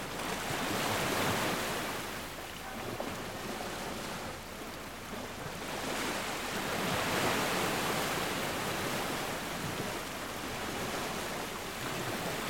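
Ocean waves wash in a dense, steady hiss, swelling near the start and again around seven seconds, with a low windy rumble underneath.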